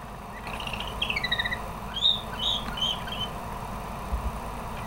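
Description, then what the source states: Canary gives a short run of falling notes followed by a few clear whistled chirps over a low hum. Pet canary, the owner's own recorded sample.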